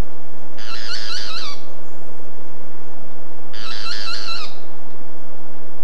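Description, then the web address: Boat-billed flycatcher giving two harsh, rattling phrases of quick nasal notes, each near one second, separated by about two seconds of quiet. "cantos pitangua"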